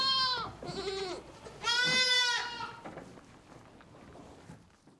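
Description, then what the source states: Sheep: lambs bleating, a short high bleat, a lower nasal one, then a long loud wavering bleat near two seconds, fading into soft rustling and faint bleats. Lambs recorded in a goat barn, barn ambience.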